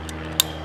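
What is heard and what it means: The steel rear sight slider on an AK rear sight leaf is pulled all the way back, then pushed until it seats in the starting zero notch. A faint tick sounds at about 0.1 s, then a sharp, bright metallic click at 0.4 s as the slider snaps into position over a steady low hum. The slider is seated at zero.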